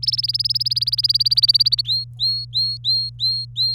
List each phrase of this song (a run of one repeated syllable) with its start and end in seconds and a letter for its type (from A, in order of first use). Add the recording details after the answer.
0.02-1.81 A, 1.85-3.74 B. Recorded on 24 April 2018 at 12:59. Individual llb3